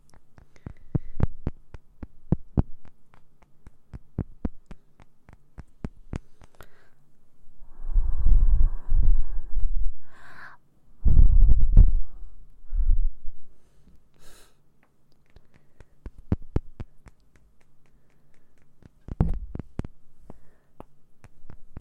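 Mouth sounds and ear-cleaning noises: quick wet clicks and pops come in irregular clusters through the clip. Around 8 to 13 seconds, denser low, rustling bursts take over, with a breathy sigh-like rush. A faint steady low hum sits underneath.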